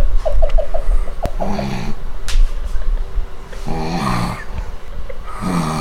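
Adult man, sleeping. Snoring for the most part, with occasional moaning.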